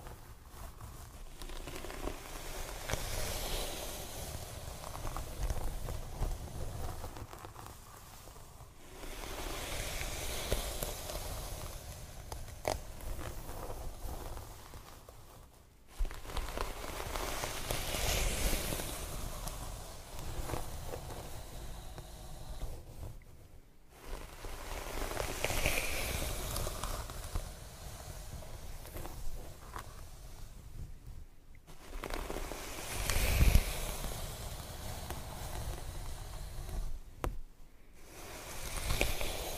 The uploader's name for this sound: Scalp Massage & Hair Brushing